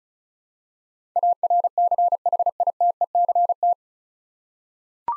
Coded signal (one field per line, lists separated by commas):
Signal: Morse code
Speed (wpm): 34 wpm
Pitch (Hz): 700 Hz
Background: none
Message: ARCHITECT